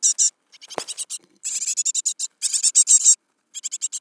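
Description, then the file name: Great tit buzzy scolding, loud rapid rattles in longer runs, with one brief low swishing sound early on. "Parus major"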